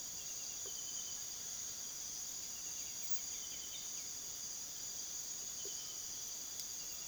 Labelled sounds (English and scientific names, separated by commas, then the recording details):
White-winged Becard (Pachyramphus polychopterus)
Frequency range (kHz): White-winged Becard (Pachyramphus polychopterus) 1.3-4.1 kHz
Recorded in pastures near Puerto Asís, Putumayo, Colombia, on 20 February 2024 at 06:00
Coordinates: 0.497, -76.327
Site G7276